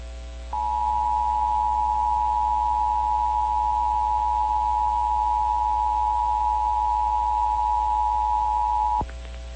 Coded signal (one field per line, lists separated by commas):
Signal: Emergency Alert System (SAME) tones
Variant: 853 and 960 Hz attention tone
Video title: EAS #172-173 - 2023 National Periodic Tests + WEA activation